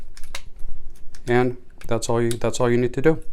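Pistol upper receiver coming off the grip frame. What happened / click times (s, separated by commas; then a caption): A metal latch let go and the part came free / 0.4 s. On a Volquartsen Black Mamba .22LR pistol with the safety on, the takedown button is pressed and the metal upper receiver comes apart from the grip frame. A sharp click at 0.4 s marks the release, preceded and followed by softer clicks. Someone then talks.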